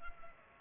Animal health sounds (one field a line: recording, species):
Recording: mosquito wingbeat signal from an infrared sensor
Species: Culex pipiens